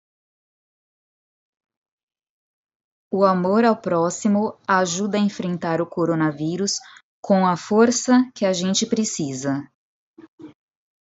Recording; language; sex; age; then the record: spoken sentence; Brazilian Portuguese; female; 40 to 49 years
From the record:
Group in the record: control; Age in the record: 41 years